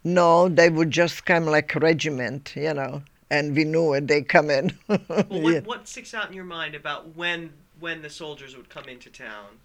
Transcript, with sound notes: No, they were just kind of like regiment, you know, and we knew when they come in. (she laughs)
What, what sticks out in your mind about when, when the soldiers would come into town?